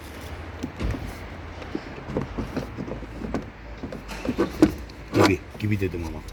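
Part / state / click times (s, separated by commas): panel air filter into engine air filter housing / not seated / none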